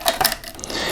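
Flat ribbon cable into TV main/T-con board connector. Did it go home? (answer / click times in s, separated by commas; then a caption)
no / none. A flat ribbon cable is handled at the main/T-con board connector of a Samsung UN46D6050TFZA LED TV, with the connector latch lifted so the cable can be pushed in. Short, bright plastic ticks are heard around 0.1 s and 0.3 s, with a faint tick near 0.6 s over a low background hiss. Nothing has seated or clicked yet.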